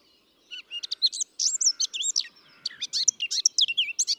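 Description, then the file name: Eurasian blackcap song, a quick, fluent warble of clear slurred whistles and twittering notes, rising and falling in pitch. "Sylvia atricapilla"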